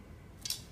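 An arrow is set into a JoJan Multi fletcher jig with its plastic nock rotated to the starting position, and the nock indexes into the jig's nock receiver. Over a faint low background hum, two quick, bright, high-pitched clicks land close together at about 0.5 s and 0.5 s. The nock is seated in the receiver.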